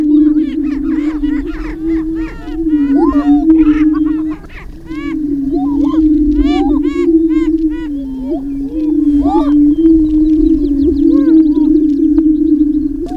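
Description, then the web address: Greater prairie chickens calling together, a continuous low hooting drone with bursts of high cackling and whooping notes that briefly ease around four seconds, then resume. "Laura's Natural Sounds Greater Prairie Chicken"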